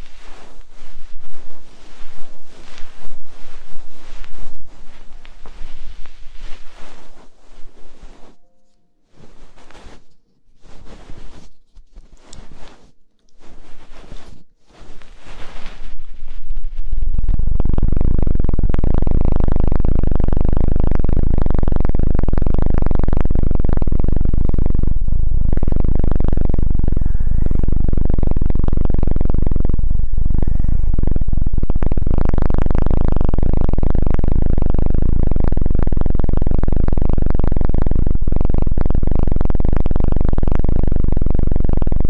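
Ear cleaning: soft scratchy rustles with short pauses for about seventeen seconds, then a loud, dense, muffled rumbling scrape that continues steadily to the end.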